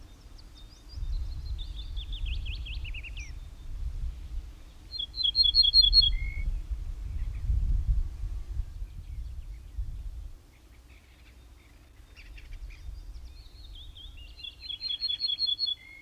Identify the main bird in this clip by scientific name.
Emberiza hortulana